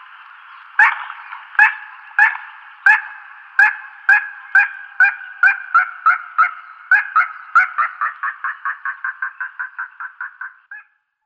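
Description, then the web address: Little crake display call: a long series of clipped yelps that speeds up and grows softer into a quick stutter. Male giving a display call. "Schulze Peter Little Crake"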